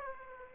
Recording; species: mosquito wingbeat signal from an infrared sensor; Aedes aegypti